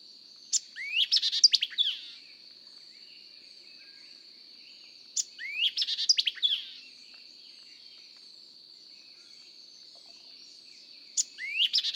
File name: White-eyed Vireo